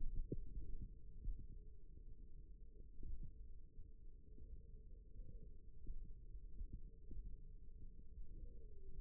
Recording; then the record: forearm muscle sounds (acoustic myography)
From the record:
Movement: thumb flexion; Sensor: system 1, eight BSWA MPA416 microphones around the upper forearm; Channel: 2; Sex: male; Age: 23 years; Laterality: right